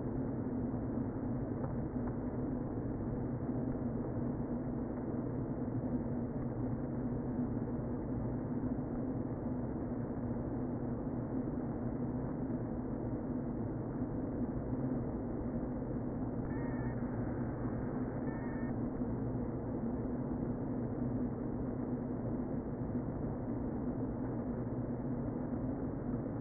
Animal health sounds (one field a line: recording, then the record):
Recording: honeybee colony, microphone inside the hive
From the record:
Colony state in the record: queen present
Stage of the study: before two queens were removed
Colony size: about 60,000 bees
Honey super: yes